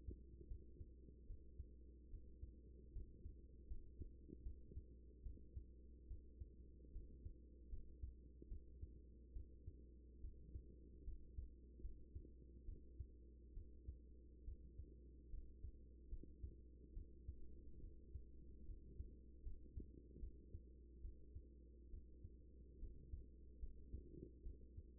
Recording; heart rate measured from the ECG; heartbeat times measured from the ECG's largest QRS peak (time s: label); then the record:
heart sounds by stethoscope; 73 bpm
0.48 s: heartbeat
1.27 s: heartbeat
2.10 s: heartbeat
2.92 s: heartbeat
3.67 s: heartbeat
4.43 s: heartbeat
5.22 s: heartbeat
6.07 s: heartbeat
6.92 s: heartbeat
7.69 s: heartbeat
8.48 s: heartbeat
9.33 s: heartbeat
10.20 s: heartbeat
11.04 s: heartbeat
11.81 s: heartbeat
12.65 s: heartbeat
13.53 s: heartbeat
14.44 s: heartbeat
15.30 s: heartbeat
16.09 s: heartbeat
16.93 s: heartbeat
17.80 s: heartbeat
18.65 s: heartbeat
19.43 s: heartbeat
20.19 s: heartbeat
21.01 s: heartbeat
21.90 s: heartbeat
22.79 s: heartbeat
23.59 s: heartbeat
24.42 s: heartbeat
From the record:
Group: healthy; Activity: rest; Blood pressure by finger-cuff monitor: 109/63 mmHg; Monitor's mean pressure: 82 mmHg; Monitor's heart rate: 72 bpm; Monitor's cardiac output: 6.2 L/min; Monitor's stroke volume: 85 mL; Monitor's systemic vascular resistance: 950 dyn s/cm5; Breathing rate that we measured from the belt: 15 breaths a minute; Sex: female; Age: 24 years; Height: 163 cm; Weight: 55.7 kg